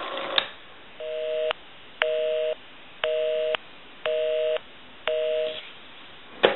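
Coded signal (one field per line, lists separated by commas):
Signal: telephone call progress tone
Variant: North America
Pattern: busy tone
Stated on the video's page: Call progress tone heard on a Western Electric 5302 rotary telephone during initial checkout and repair.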